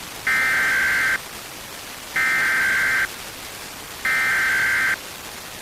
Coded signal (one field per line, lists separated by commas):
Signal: Emergency Alert System (SAME) tones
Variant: header bursts